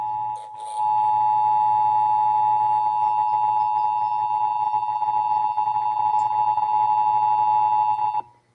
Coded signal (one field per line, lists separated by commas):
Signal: Emergency Alert System (SAME) tones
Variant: 853 and 960 Hz attention tone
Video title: (EAS #763-772) December 2024 Texas Required Monthly Test